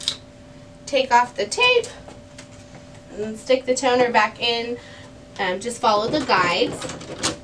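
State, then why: Not seated. Someone talks while a laser toner cartridge, with its tape removed, is handled for sliding back along the guides into the plastic body of an HP LaserJet M234sdwe printer. Brief sharp sounds come at about 0.1 s and 2.4 s. Nothing has seated or clicked yet.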